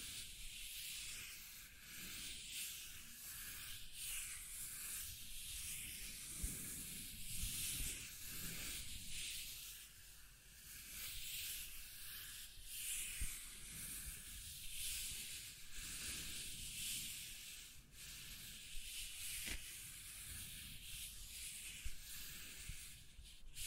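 Continuous scratching and rubbing with a bright hiss, steady but slightly uneven, with brief sharper scrapes around 10, 18 and 19 seconds.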